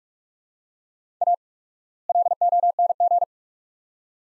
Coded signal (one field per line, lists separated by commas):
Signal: Morse code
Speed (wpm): 45 wpm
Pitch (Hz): 700 Hz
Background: none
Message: A LONG